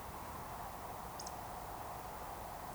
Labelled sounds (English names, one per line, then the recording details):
Eurasian Woodcock whistle
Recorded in Baden-Württemberg, Germany, on 14 June 2020 at 20:12 UTC
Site 43791, 788 m above sea level